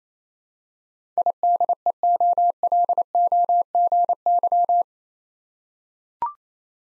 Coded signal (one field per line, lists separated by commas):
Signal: Morse code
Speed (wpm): 28 wpm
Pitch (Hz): 700 Hz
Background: none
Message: IDEOLOGY